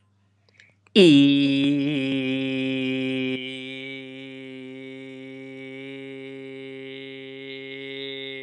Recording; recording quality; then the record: sustained vowel as in beet; excellent, no background noise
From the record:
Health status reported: healthy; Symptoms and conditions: none ticked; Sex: male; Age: 26 years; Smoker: not ticked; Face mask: not worn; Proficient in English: yes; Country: India